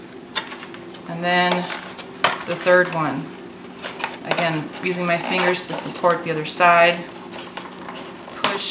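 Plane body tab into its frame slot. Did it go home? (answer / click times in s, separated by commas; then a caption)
yes / 8.4 s. Someone talks while pushing the third tab of a model plane's body frame into its slot, using their fingers to support the other side. The tab snaps into place with a sharp click at 8.4 s, seating it in the frame.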